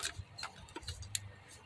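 An electrical plug is pushed back onto a fuel injector on a Mazda6. A few soft ticks and low rumble come first, then a sharp, short click at 1.2 s as the plug latches and seats onto the injector.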